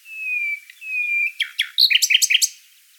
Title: Sylvain Jaskowiak - Mes piafs. Rossignol Philomèle